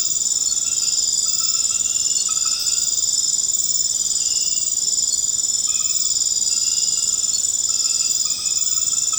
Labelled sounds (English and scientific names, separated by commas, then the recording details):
none
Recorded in secondary vegetation near Puerto Asís, Putumayo, Colombia, on 8 March 2025 at 23:30
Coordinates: 0.485, -76.322
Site G040